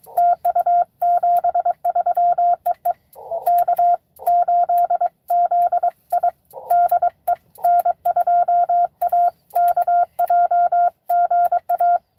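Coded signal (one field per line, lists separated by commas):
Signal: Morse code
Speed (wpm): 23 wpm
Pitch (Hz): 700 Hz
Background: radio noise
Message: TU 73 EE K8ZI DE N2AKJ GA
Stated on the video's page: Live CW parks-on-the-air activation.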